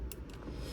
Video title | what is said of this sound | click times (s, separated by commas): Toyota RAV4 2019-21 OEM Center Console LED Ambient Lighting Lamp install LE XLE ADVENTURE TRD LIMITE | So that snapped in well. | 0.1 s